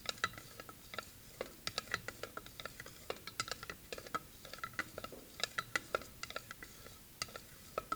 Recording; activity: daily activity, guitar pickup as the sensor; fry